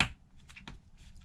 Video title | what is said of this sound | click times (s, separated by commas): How to replace the screen on the Note 20 Ultra (step by step) | you'll hear it pop into place | 0.0 s